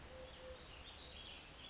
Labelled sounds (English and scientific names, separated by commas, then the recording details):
Eurasian Collared Dove (Streptopelia decaocto)
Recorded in Sonoma County, California